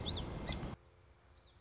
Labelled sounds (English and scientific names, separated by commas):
Common Yellowthroat (Geothlypis trichas)